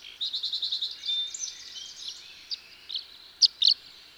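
Tree swallow twittering: a fast run of buzzy repeated notes, a slurred warble, then a few loud separate chirps near the end.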